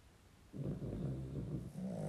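After a brief quiet stretch, a low, rumbling, throaty sound rises and holds for about a second and a half: a dog snoring in the background of a room, an ordinary sleep noise.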